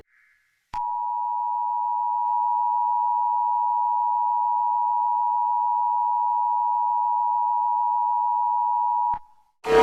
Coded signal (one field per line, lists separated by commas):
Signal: Emergency Alert System (SAME) tones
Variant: 853 and 960 Hz attention tone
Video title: Emergency alert system alarms